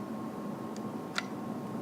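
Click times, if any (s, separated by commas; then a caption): 1.2 s. A memory card is pushed into the spring-loaded card slot on the side of a Nikon D5500 camera. Over a steady low background hum, a faint tick comes at about 0.8 s, then a sharp, bright click at 1.2 s as the card seats in the slot.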